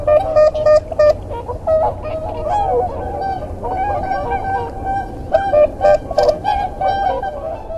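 Whooper swans calling, many loud trumpeting, bugle-like honks overlapping in a busy flock chorus.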